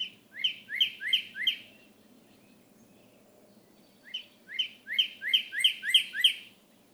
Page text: Cardinals awaking—13 mornings to explore! For 13 mornings during late April and early May 2018, I recorded how a male northern cardinal left the night roost and began his day